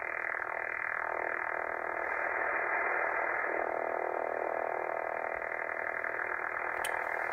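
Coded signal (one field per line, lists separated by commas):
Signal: radar signal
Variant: over-the-horizon radar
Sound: loud continuous rasping buzz of rapid pulses filling the audio band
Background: radio static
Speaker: Over the Horizon radar that's currently wipe it out a pretty big portion of the 40 meter band at my qth here in northern England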